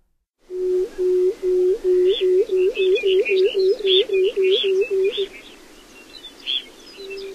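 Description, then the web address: Pectoral sandpiper hooting: a steady series of deep, hollow, evenly spaced hoots, with scattered higher, scratchy calls and one final lone hoot. "Songs of Birds of North America Stokes. Pectoral Sandpiper"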